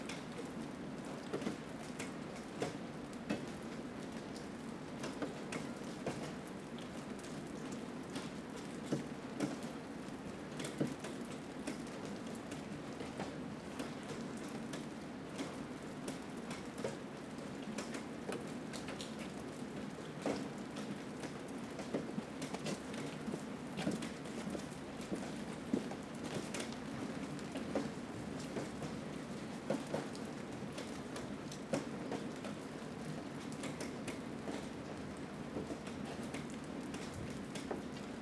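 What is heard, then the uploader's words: Steady rain patters densely throughout, with bright scattered drips over a low, constant hum, possibly traffic, beneath the downpour. In this episode, you will hear a rainy morning.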